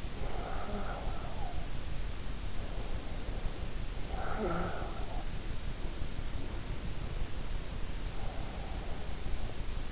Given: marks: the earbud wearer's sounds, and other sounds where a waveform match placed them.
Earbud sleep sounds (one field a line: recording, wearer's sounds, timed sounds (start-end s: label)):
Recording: sounds in sleep by an in-ear microphone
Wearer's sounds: talking in sleep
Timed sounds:
0.00-1.79 s: talking in sleep
3.52-5.31 s: talking in sleep